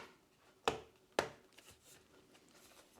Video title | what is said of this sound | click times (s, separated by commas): ASUS ROG G14 Laptop Fan Noise Issue- How To Fix & Replace the CPU and GPU Fans | make sure that we click all of the plastic snaps into place | 0.7 s, 1.2 s